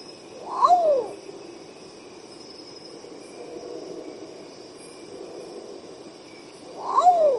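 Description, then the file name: Long-tailed potoo song: two falling whistled notes about six seconds apart, each opening with a brief upward flick, over a steady high-pitched insect chorus. "canto do urutau pardo"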